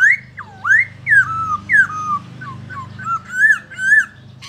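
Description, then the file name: Black-throated laughingthrush calling with a string of loud, slurred whistles that swoop down and up, over a low steady hum. "Pterorhinus chinensis"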